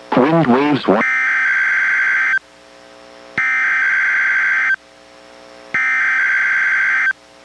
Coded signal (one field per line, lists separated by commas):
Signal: Emergency Alert System (SAME) tones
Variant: header bursts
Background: speech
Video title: EAS #735: NWR Required Weekly Test- Jan. 18, 2023- 11:04AM PST